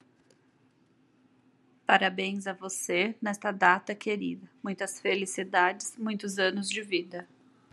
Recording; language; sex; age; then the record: short text; Brazilian Portuguese; female; 30 to 39 years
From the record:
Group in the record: control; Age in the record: 33 years